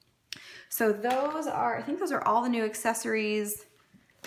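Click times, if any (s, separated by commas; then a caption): 0.3 s. A plastic snap-in sticky-note holder accessory is pushed into the front of a coil-bound paper 2017-2018 Erin Condren LifePlanner, and a sharp click sounds at 0.3 s. The accessory snaps into place and is seated, after which someone talks.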